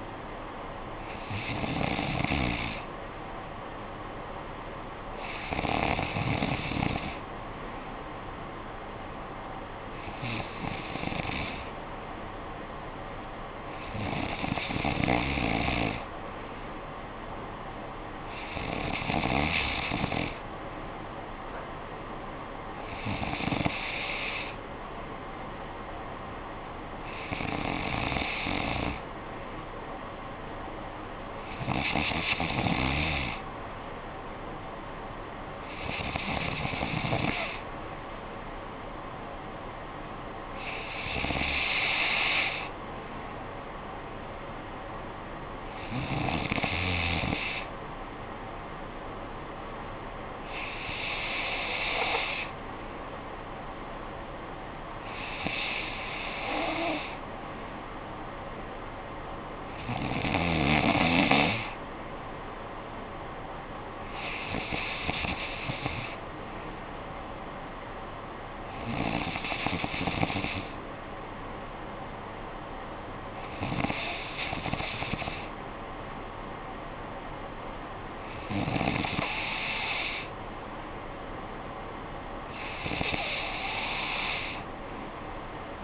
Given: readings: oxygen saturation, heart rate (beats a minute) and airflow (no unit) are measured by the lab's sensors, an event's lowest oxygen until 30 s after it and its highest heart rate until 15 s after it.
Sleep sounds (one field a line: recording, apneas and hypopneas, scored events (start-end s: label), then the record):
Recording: breathing in sleep by a voice recorder at the bedside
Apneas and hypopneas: none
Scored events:
none scored
From the record:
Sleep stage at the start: N3 (deep sleep)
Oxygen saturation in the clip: 93 to 94%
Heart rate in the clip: 55 to 64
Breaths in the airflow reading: 19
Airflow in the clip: -8.8 to 5.5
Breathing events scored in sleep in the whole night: 445 in 7.6 hours asleep